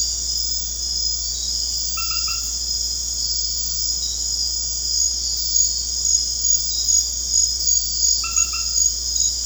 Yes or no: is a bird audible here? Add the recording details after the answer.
no. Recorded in secondary vegetation near Puerto Asís, Putumayo, Colombia, on 9 March 2025 at 23:30. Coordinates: 0.484, -76.319. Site G010